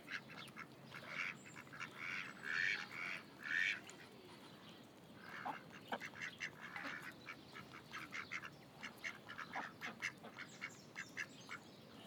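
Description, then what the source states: Duck calls, bursts of loud nasal quacks at the start, then faster, softer quacking in irregular series. Ducks at Lagoa das Furnas; binaural.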